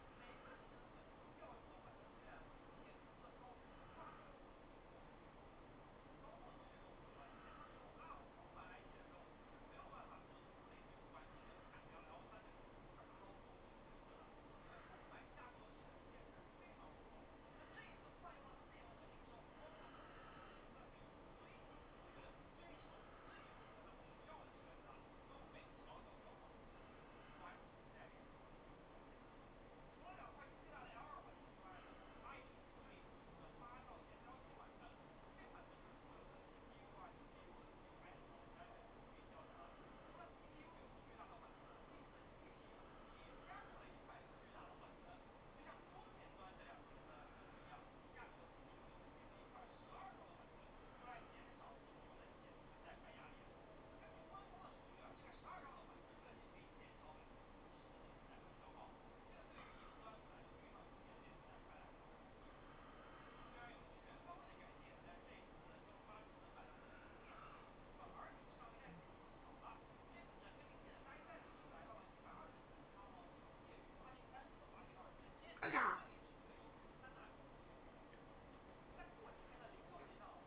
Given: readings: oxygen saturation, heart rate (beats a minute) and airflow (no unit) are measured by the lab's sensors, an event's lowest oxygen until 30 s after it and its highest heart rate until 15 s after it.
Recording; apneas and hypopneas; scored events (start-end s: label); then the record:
a person awake in a sleep study, by a voice recorder at the bedside; none
0.00-80.47 s: awake
From the record:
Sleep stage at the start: awake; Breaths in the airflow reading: 28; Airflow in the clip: -0.7 to 0.7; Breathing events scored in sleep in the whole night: 403 in 5.5 hours asleep